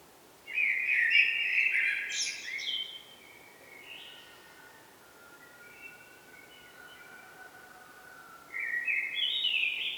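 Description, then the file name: Common blackbird singing a mellow, fluty warbled phrase with a thin high flourish, followed by quiet trailing notes and another phrase starting several seconds later. "Turdus merula"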